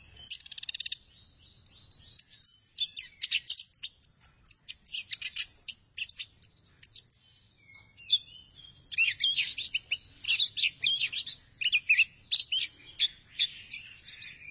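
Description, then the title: Thrush song starting with a few whistles, then building into dense, rapid chattering and high twittering trills that grow busier toward the end. "burung anis x"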